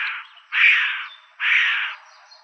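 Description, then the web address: Williamson's Sapsucker calling with three harsh, scratchy, nasal squeals, the first cut short at the start and the next two each about half a second long and roughly a second apart. Recorded in Arizona on 23 May 2007. "Woodpeckers. WISA deviche. 052307"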